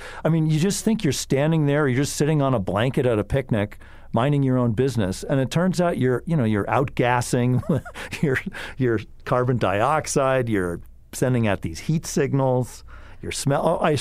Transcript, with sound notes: you just think you’re standing there, you’re just sitting on a blanket at a picnic, minding your own business, and it turns out you’re — you know, you’re outgassing your [LAUGHS] your carbon dioxide, you’re sending out these heat signals, your smell.